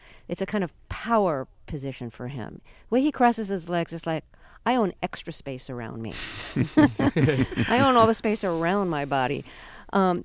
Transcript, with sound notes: It's a kind of power position for him. When he crosses his legs, it's like, I own extra space around me.
(LAUGHTER)
I own all the space around my body.